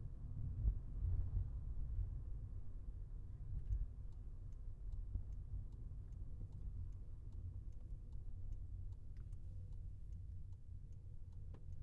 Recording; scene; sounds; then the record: everyday scene through a hearing-aid microphone; in a vehicle; engine, highway traffic jam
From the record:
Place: Skoda Fabia, gasoline engine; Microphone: behind the ear, left, rear